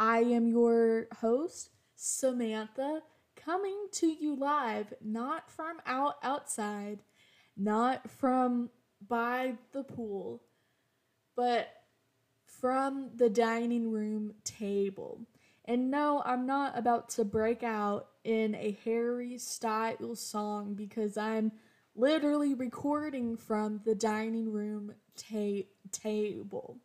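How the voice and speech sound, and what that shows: An adult woman speaks in a clear voice at a moderate pitch, mostly fluently, with some pauses. There is a stretched sound on 'your' and a blocked, repeated 't' before the final 'table'. These are mild stuttering disfluencies in a person who stutters.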